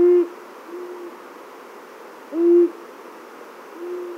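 Long-eared owl hooting: deep, soft single hoots, two loud ones about two and a half seconds apart, each followed by a fainter hoot.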